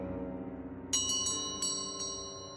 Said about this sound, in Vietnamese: Tối hôm sau, tiếng chuông đồng lại len keng vang lên bên tai cô Tư.